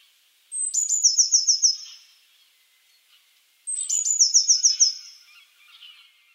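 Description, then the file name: Eurasian blue tit giving two phrases, each a high introductory note leading into a rapid trill that fades, about three seconds apart. "Cyanistes caeruleus"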